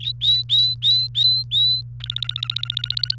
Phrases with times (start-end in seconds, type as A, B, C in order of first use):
0.00-1.82 A, 2.00-3.15 B